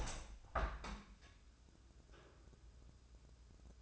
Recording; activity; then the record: daily activity, microphone in the room; open window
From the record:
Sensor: 2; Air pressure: 1014.8 hPa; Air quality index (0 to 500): 43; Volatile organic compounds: 1 ppm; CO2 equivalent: 608 ppm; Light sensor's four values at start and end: 8/19/8/8 and 8/19/8/8